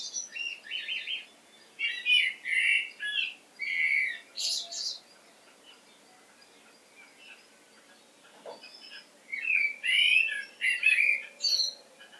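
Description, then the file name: Common blackbird calls, clusters of squeaky, chattering chirps with a quiet pause midway before another twittering burst. "Turdus merula"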